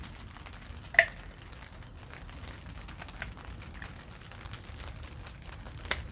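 An ignition coil is pushed back down onto the top spark plug in the cylinder head of a Rebel 1100 motorcycle engine, with a steady low hiss and faint crackles throughout and a sharp knock at 1.0 s. The coil cap clicks home onto the spark plug at 5.9 s, and it is seated.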